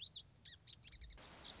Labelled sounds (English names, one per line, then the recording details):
Lazuli Bunting
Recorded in Sonoma County, California